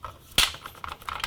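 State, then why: Seated. A paramedic lines up the red line on an oxygen cylinder carrier with the red arrow on a stretcher mount and pushes the carrier onto the mount. It seats with one loud, sharp click at 0.4 s. Softer ticks and light rattles follow through the rest of the clip.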